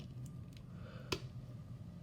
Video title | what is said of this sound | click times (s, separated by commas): ZESG 54 Unboxes and Reviews Episode 6: JW Hammond Collection Ankylosaurus & Geosternbergia | you hear a snap sound meaning that it's connected | 1.1 s